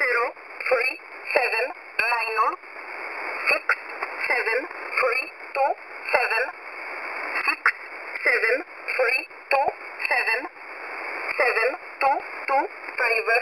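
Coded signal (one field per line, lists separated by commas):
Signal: numbers station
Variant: E11a Oblique, English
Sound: female voice reading digit groups in English, repeated, over shortwave hiss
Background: radio static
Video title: E11a Message 17/07/2023 0900 UTC 9052kHz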